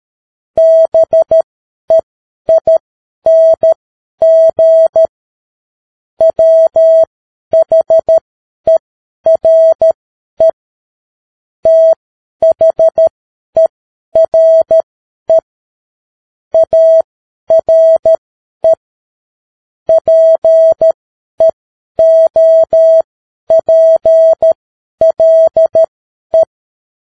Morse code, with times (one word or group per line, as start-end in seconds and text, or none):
0.6-5.1 BEING
6.2-10.5 WHERE
11.7-15.4 THERE
16.5-18.7 ARE
19.9-26.4 PEOPLE